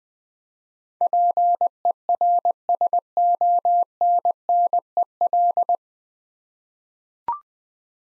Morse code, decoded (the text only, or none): PERSONNEL